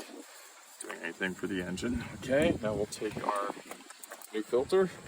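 Someone talks while handling a new cartridge-style oil filter element that is about to be pushed into the top of a plastic oil filter housing cap. Nothing has seated or clicked yet, and no distinct click is heard over the talking.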